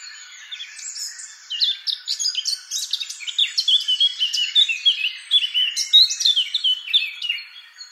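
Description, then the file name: Eurasian blackcap song, a fast rambling warble of varied chirps and sweet whistled notes, growing louder after the first second and carrying on steadily. "Sylvia atricapilla"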